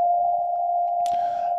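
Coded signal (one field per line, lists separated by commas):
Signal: radio time signal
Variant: RWM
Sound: a steady, unbroken mid-pitched tone with a short crackle of noise near the end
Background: radio static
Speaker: so right now they're doing their uh continuous tone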